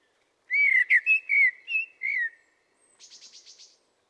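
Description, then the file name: Common blackbird singing a phrase of low fluting, slurred whistles, followed by a brief, high, scratchy twitter of quick repeated notes. "Turdus merula"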